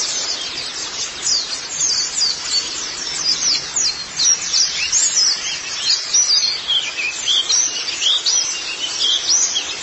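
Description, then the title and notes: White-eye song, thin high warbling chatter that grows busier midway, rapid notes overlapping in a steady stream with light hiss beneath. "Kicauan Burung Pleci Durasi Panjang. Suara kicauan burung pleci"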